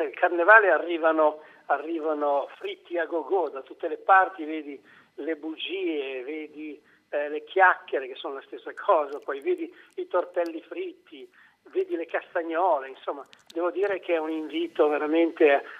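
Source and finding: Adult male speaker, Italian. Typical speech.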